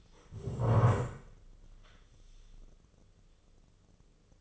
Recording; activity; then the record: daily activity, microphone in the room; stand up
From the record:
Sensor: 4